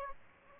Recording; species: mosquito wingbeat signal from an infrared sensor; Aedes aegypti